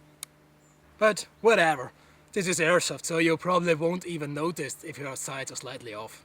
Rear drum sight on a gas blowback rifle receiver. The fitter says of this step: compared to the real rear side the airsoft one has different hold sizes and it doesn't click into position completely